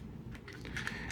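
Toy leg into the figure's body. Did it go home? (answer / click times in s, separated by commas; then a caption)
no / none. A plastic leg of a Power Rangers Legacy Dragonzord transforming toy dragon is folded up into the figure's body cavity, making a few soft, light plastic taps and scrapes against a low background hum. The leg does not click or lock into place, because nothing on the toy secures it.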